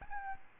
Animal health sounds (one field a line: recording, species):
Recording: mosquito wingbeat signal from an infrared sensor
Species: Aedes albopictus